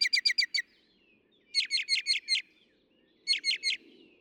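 Northern mockingbird singing short bursts of three to six rapid, high chirping notes, the bursts separated by about a second of quiet.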